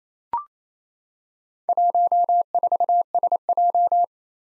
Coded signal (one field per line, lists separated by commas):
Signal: Morse code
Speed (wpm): 27 wpm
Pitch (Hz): 700 Hz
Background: none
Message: 14SJ